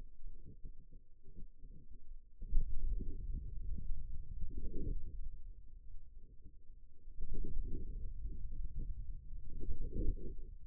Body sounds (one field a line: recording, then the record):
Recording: forearm muscle sounds (acoustic myography)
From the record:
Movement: hand opening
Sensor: system 2, bracelet of six BSWA MPA416 microphones around the upper forearm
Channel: 4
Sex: male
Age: 22 years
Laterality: right